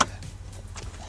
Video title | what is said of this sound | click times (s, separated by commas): High Quality Dashboard and Door Trims Replacement for Tesla Model 3 & Model Y (full Installation) | You will hear the pop a little there. | 0.0 s